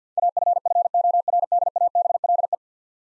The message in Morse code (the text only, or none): AFFORDABLE